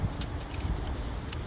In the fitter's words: back in again make sure it clicks